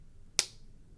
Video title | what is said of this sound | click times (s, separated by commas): Hogue X5 flipper knife CPM154 3.5 inch blade blue aluminum handle crazy good knife | and then it snaps into place | 0.4 s